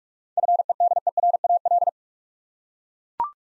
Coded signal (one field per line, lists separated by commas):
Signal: Morse code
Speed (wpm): 41 wpm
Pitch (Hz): 700 Hz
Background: none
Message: FEDERAL